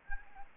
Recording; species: mosquito wingbeat signal from an infrared sensor; Aedes aegypti